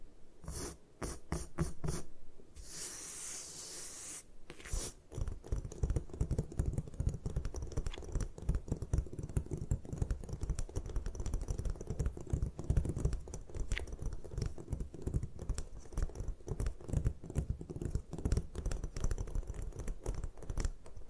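Gym chalk is crushed and crumbled in a dense run of small clicks and crunches that continues for the whole clip, mostly low and gritty. Near the start, a brief bright hissing scrape cuts through for a couple of seconds, then the crackling carries on steadily.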